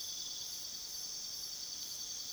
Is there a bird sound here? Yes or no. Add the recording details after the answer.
no. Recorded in pastures near Puerto Asís, Putumayo, Colombia, on 21 February 2024 at 02:30. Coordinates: 0.497, -76.327. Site G7276